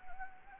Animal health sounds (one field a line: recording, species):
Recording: mosquito wingbeat signal from an infrared sensor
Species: Anopheles gambiae